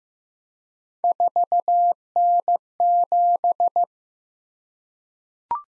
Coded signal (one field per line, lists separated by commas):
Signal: Morse code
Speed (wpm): 15 wpm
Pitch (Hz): 700 Hz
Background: none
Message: 4N7